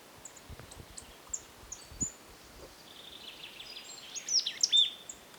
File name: Poecile palustris